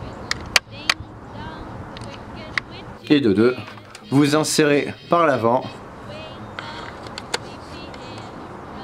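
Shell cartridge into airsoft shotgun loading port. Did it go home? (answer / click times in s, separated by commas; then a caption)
yes / 7.3 s. An airsoft shotgun shell is inserted from the front into the open loading trap of a CYMA M12 trench gun replica and pushed in until it clicks into place. Sharp clicks and handling taps occur early on, and someone talks from about 3 to 5.6 s. The shell seats with a click at 7.3 s.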